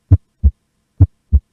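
Three short, dull, low-pitched heart sounds from a heart sound simulator over a second and a half, illustrating physiological splitting of the second heart sound (S2): single, merged on expiration and split into two components on inspiration, a normal physiological finding caused by breathing.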